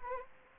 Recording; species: mosquito wingbeat signal from an infrared sensor; Anopheles arabiensis